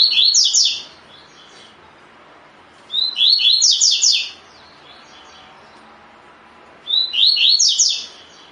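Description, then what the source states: Double-collared seedeater repeating a high, quick phrase of clipped slurred whistles three times, roughly every three to four seconds, with near silence between phrases. Song in the "tui tui" style, with the bird described as "fibra"; Brazilian Portuguese name coleiro de gola.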